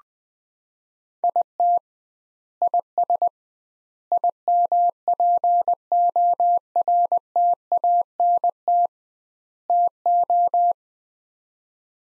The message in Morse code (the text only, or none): IT IS IMPORTANT TO